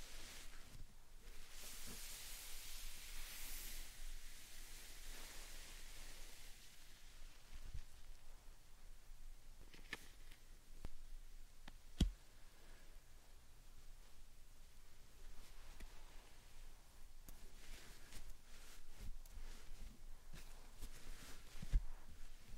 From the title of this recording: Slime Sand Triggers